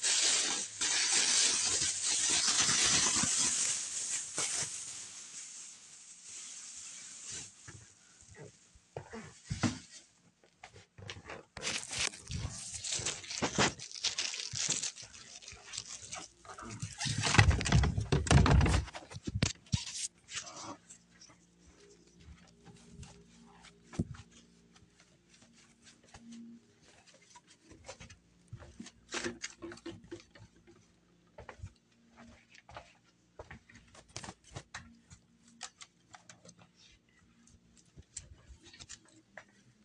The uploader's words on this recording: No talking is included, just spraying, wiping, and vacuuming.